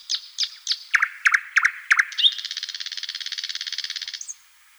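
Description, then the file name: Thrush nightingale song: sharp repeated notes at a steady pace, then a long, even rattling trill lasting about two seconds. "solovey obyknovennyy golos"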